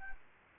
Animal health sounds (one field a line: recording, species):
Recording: mosquito wingbeat signal from an infrared sensor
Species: Anopheles gambiae